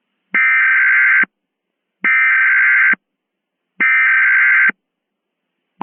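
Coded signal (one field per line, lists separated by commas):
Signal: Emergency Alert System (SAME) tones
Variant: header bursts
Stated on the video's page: Mock nationwide test, simulated, though containing valid EAS tones.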